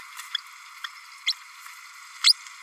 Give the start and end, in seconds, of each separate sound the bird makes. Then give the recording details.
1.26-1.32, 2.23-2.33. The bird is a male. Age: 30 days. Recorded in a nest box in Venezuela. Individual 17B32A6